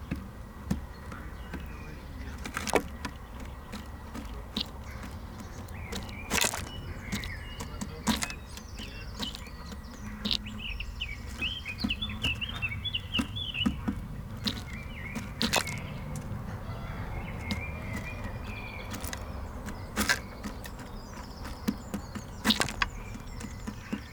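Birds at a feeder, with sharp pecking taps and knocks landing at irregular intervals, the loudest near 3, 6, 15, 20 and 22 seconds. A steady low rumble runs underneath throughout, and brief chirping twitters rise faintly around the middle.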